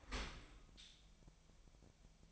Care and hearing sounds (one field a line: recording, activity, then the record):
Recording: daily activity, microphone in the room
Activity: open dishwasher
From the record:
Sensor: 1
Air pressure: 1006.8 hPa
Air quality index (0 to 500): 209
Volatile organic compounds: 24 ppm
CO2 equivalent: 2816 ppm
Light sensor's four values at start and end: 12/32/12/14 and 12/31/12/14